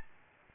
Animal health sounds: mosquito wingbeat signal from an infrared sensor; Aedes albopictus

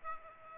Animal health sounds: mosquito wingbeat signal from an infrared sensor; Aedes aegypti

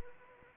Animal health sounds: mosquito wingbeat signal from an infrared sensor; Anopheles arabiensis

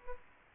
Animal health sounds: mosquito wingbeat signal from an infrared sensor; Aedes aegypti

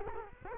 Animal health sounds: mosquito wingbeat signal from an infrared sensor; Culex quinquefasciatus

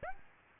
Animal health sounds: mosquito wingbeat signal from an infrared sensor; Aedes aegypti

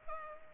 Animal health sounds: mosquito wingbeat signal from an infrared sensor; Culex pipiens

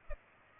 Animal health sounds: mosquito wingbeat signal from an infrared sensor; Culex pipiens

